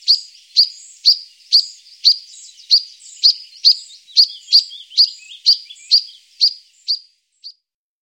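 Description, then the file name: European pied flycatcher calling: sharp, high, clipped notes repeated about twice a second in an even series for seven seconds, then stopping. "Trauerschnaepper"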